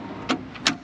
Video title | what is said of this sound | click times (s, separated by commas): Buying A New Travel Trailer!!! | locks into place i love how it clicks and you can feel that positive latch then | 0.7 s